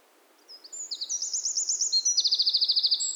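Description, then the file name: Eurasian wren song: high, rapid trills and buzzy rattles tumbling on after a few thin introductory notes, growing louder and staying shrill throughout, with a quiet background. "Troglodytes troglodytes"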